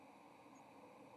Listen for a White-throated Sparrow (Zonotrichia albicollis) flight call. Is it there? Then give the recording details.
no. Another species' flight call is heard. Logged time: 09:13 on 30 October 2014